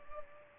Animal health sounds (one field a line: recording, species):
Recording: mosquito wingbeat signal from an infrared sensor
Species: Culex pipiens